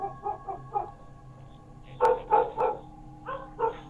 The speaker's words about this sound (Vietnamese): Chợt có tiếng nhà hàng xóm, chó nó sủa lên inh ỏi, làm cho bác gái mới choàng tỉnh ngồi dậy.